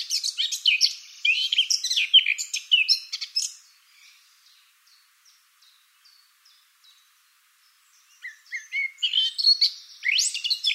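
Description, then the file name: Eurasian blackcap song: a vigorous jumbled warble for about three seconds, faint soft notes in between, then another quick twittering warble. "Sylvia atricapilla"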